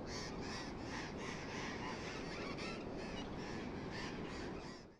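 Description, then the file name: Burrowing parrots calling as a flock, harsh grating screeches overlapping continuously over a steady low rumble. "tomas miguel - loros barranqueros"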